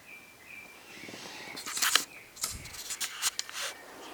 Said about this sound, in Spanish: Va con pajarito de fondo, ¿no? Sí, sí.